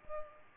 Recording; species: mosquito wingbeat signal from an infrared sensor; Culex pipiens